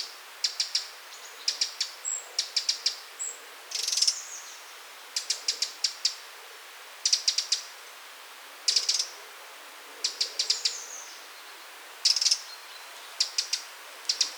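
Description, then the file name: Eurasian wren giving a steady stream of hard, high tick notes in quick bursts, with a couple of short dry rattles. "Troglodytes troglodytes"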